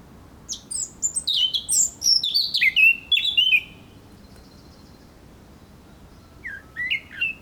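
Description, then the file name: Eurasian blackcap delivering a rich warbled phrase of high notes dropping into clear slurred whistles, then silence and a few soft notes near the end. "Sylvia atricapilla"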